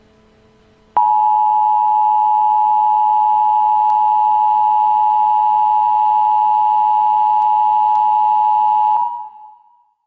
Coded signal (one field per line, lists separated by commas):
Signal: Emergency Alert System (SAME) tones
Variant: 853 and 960 Hz attention tone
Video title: AI Sponge Rehydrated Weekly Livestream EAS Alarm Test